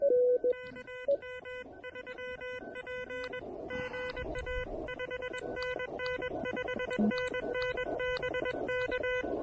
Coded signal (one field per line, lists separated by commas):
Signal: Morse code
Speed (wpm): 21 wpm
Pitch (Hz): 1500 Hz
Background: music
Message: KM3P GA 5NN 5NN BK